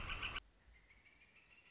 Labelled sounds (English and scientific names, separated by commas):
Northern Flicker (Colaptes auratus)